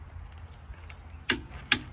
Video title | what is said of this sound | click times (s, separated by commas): How To Change Your Tire | click click means it's tight in this case I always go for a second just to make sure you're good | 1.3 s, 1.7 s